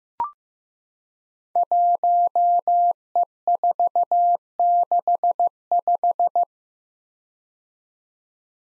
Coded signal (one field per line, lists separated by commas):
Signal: Morse code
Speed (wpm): 15 wpm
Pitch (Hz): 700 Hz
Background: none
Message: 1E465